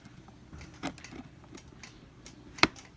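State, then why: Seated. A GoPro Hero 5 action-camera microphone adapter, held with tough Velcro, is pressed into its mount on the helmet camera setup, with soft handling taps and rustles beforehand. It snaps into place with one sharp click at 2.6 s and then stays put without moving.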